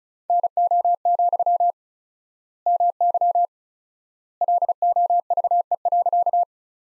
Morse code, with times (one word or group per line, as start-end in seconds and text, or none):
0.3-1.7 NO,
2.7-3.5 MY
4.4-6.4 LOVE.